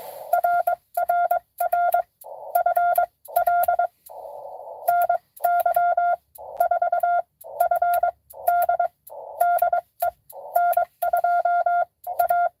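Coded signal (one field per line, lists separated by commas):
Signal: Morse code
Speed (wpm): 20 wpm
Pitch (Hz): 700 Hz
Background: none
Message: RRR FL NY 4FD DE N2A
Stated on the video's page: Parks on the air CW activation at a state park, live.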